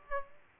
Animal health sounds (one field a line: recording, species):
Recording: mosquito wingbeat signal from an infrared sensor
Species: Aedes aegypti